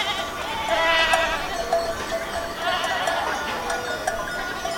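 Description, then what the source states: Goats giving many overlapping wavering bleats, several animals calling at once with no pause between calls. Goats in Akamas, Cyprus.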